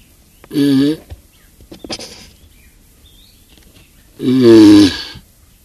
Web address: galapagos tortoise